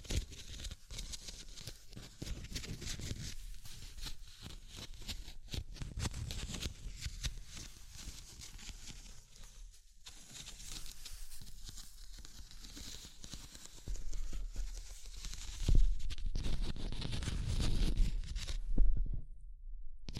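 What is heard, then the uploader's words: Scratching and tapping, a dense rough texture of rapid strokes over a heavy low rumble and a bright hiss. The rubbing stays fairly even for the first half, then grows louder with harder swipes around 14 to 19 seconds before stopping abruptly near the end. ASMR Simple But Effective Tapping, Scratching, Tracing and Panning (No Talking).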